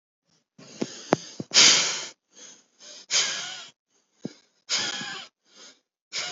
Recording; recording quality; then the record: deep breathing; excellent, no background noise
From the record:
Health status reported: healthy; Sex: male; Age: 25 years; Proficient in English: yes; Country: India